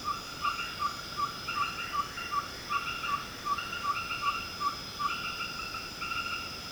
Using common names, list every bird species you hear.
none